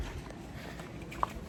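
A plastic snap pad presses onto the foot of an RV's left-side leveling jack as the jack retracts, and it seats with a sharp, loud snap at 1.2 s. The rest of the clip is low, steady background noise, with a fainter knock just before the snap.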